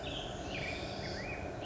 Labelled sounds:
Black-headed Grosbeak (Pheucticus melanocephalus)
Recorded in Sonoma County, California

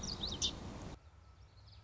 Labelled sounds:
Common Yellowthroat (Geothlypis trichas)
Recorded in Sonoma County, California

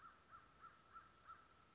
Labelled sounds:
American Crow (Corvus brachyrhynchos)
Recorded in Sonoma County, California

